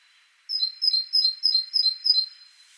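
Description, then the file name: Great tit, clear two-note phrases, a high note dropping to a lower one, repeated six times at a steady pace of about three per second. "Parus major"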